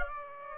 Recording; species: mosquito wingbeat signal from an infrared sensor; Aedes aegypti